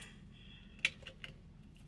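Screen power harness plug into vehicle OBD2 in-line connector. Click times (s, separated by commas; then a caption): 0.9 s. The in-line wiring harness plug for an EVBASE Model Y rear entertainment screen is pushed onto the car's matching OBD2-side in-line connector. A sharp click at 0.9 s shows it snapping on and seating, followed by fainter plastic ticks near 1.1 and 1.2 s over a low steady hum.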